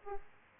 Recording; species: mosquito wingbeat signal from an infrared sensor; Aedes aegypti